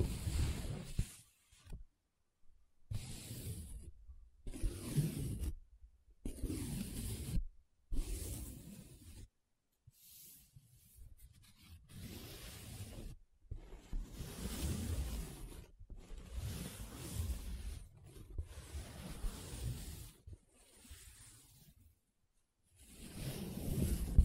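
Paper being scratched and rubbed, heard as a run of short, dry strokes broken by brief silences. The bursts come irregularly, roughly every second or two, each a gritty rasp with a low scrape underneath, and a longer quiet gap falls near the middle.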